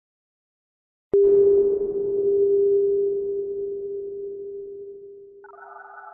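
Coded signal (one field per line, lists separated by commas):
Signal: telephone call progress tone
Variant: Japan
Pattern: dial tone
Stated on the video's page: EAS SAME tones in a fictional virus scenario, a simulated alert made with software.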